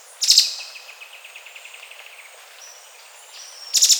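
Bird calls: two loud high chirps at start and end, with a faint rapid series of ticking notes and a thin high whistle between.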